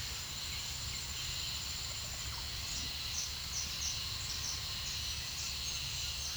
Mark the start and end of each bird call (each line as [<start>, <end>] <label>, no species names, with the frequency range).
[2.69, 6.37] bird call (5.0-8.2 kHz)